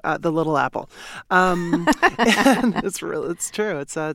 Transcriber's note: laughter